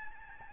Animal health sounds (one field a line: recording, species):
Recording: mosquito wingbeat signal from an infrared sensor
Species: Aedes albopictus